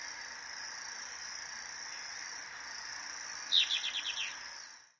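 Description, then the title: Plain-crested elaenia song: a quick burst of several sharp, chattering notes near the end, loud above a steady high insect drone. "LuckyPassaro Completos2Sama. Plain-crested Elaenia (Elaenia cristata)"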